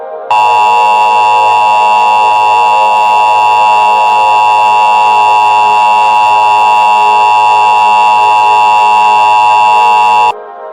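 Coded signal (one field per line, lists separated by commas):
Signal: Emergency Alert System (SAME) tones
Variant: 853 and 960 Hz attention tone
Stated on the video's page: Fictional horror scenario alert using valid EAS tones.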